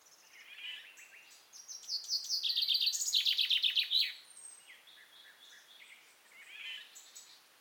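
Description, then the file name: Common chaffinch song: a bright, descending run of rapid trilled notes ending in a quick flourish, with softer chirps before and after. "Fringilla coelebs"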